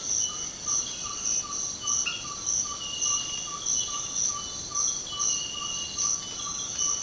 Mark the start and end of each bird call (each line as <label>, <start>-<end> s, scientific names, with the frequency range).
Glaucidium brasilianum (0.6-1.8 kHz), 0.00-7.02 s